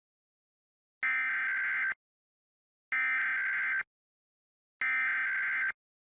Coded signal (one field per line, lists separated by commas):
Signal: Emergency Alert System (SAME) tones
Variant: header bursts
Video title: (Livestream EAS #2) State of Florida Required Monthly Test (WTOG TB44)